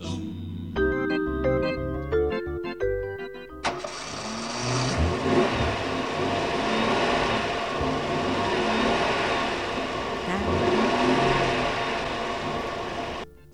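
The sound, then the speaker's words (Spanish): A few seconds of stepped, tonal musical notes give way to a car starting, its loud, steady engine roar rising and holding, revving continuously for about ten seconds with no talking. “Bueno, arrancó el auto.”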